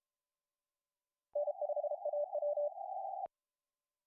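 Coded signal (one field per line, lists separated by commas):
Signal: Morse code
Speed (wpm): 33 wpm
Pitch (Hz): 590 Hz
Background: none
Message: N5AW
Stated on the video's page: CWT contest operation, first time running.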